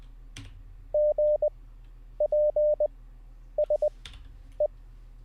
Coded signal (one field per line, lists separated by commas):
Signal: Morse code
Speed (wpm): 20 wpm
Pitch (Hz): 600 Hz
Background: none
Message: GPSE